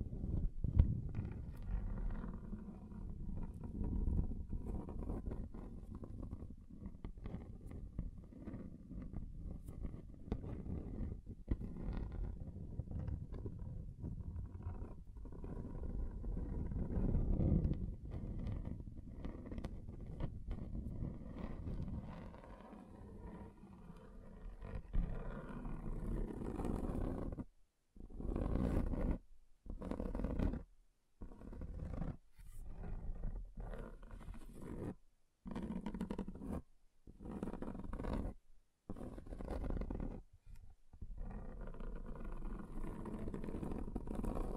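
Scratching on a table, a dense low rumbling scrape that runs steadily, then breaks after about 27 seconds into short bursts with gaps.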